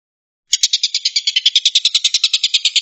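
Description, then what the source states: Stork-billed kingfisher starts a fast harsh chatter after half a second, a steady stream of rasping pulses. Rapid "shooting" call, locally called tembakan.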